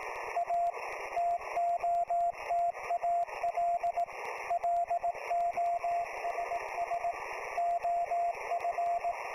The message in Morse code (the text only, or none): A TOTAL LOSS OF